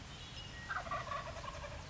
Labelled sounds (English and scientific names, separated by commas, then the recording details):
Wild Turkey (Meleagris gallopavo)
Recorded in Sonoma County, California